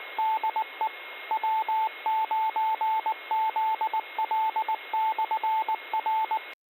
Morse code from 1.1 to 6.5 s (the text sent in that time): W9ZL/R